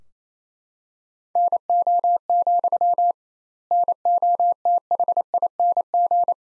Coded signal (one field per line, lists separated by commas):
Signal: Morse code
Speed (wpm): 28 wpm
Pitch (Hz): 700 Hz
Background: none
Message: NO, NOTHING